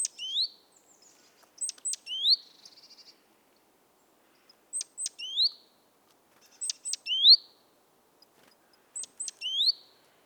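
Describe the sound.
Great tit calls, each burst two very high sharp ticks followed by a rising slurred note, repeated several times in a quiet setting.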